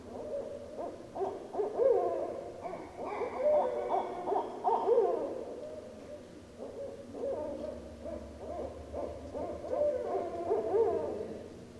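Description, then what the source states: Barred owl giving gurgling hoots and cackles in loose bursts, rising and falling in pitch. Recorded on 15 December 2012.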